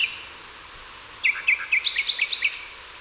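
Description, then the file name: Common nightingale song: a fast high twitter, then a rhythmic series of repeated sharp notes. "Luscinia megarhynchos"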